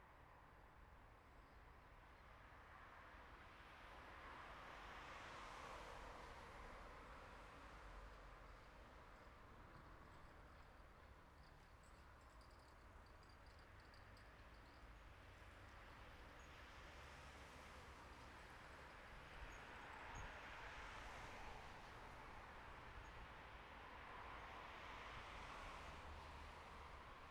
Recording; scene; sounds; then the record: everyday scene through a hearing-aid microphone; in traffic; traffic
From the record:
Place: bus stop on a city main road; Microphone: behind the ear, right, rear